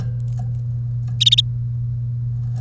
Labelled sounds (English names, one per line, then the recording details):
Domestic Canary song
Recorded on 1 May 2018 at 09:08
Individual llb3